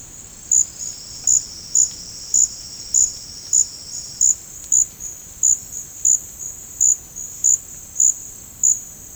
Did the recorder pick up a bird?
no